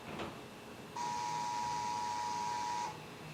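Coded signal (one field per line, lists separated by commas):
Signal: Emergency Alert System (SAME) tones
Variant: 853 and 960 Hz attention tone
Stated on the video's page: Failed National EAS Test relay heard on FM in Northern Indiana; stations relayed another station's audio, likely due to a primary's audio levels running too hot.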